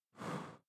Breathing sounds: one breath near a microphone; exhalation

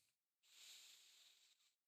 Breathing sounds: one breath near a microphone; inhalation

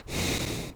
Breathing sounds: one breath near a microphone; exhalation

